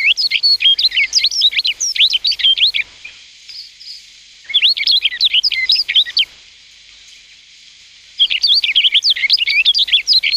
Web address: sikioto birds kashiradaka